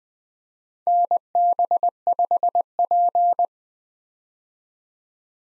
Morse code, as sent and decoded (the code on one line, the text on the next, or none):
-. -... ..... .--.
NB5P